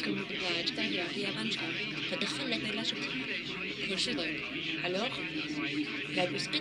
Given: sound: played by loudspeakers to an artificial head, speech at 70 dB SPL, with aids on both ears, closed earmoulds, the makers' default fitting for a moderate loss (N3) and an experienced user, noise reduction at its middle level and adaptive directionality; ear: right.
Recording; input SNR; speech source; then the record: speech test signal (ISTS) in cocktail-party noise; -3 dB; on the right (90 degrees)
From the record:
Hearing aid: class 2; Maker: D